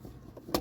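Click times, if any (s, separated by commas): none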